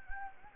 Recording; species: mosquito wingbeat signal from an infrared sensor; Anopheles gambiae